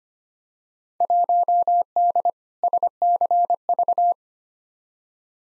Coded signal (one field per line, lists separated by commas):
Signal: Morse code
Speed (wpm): 25 wpm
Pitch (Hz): 700 Hz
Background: none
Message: 1D SCV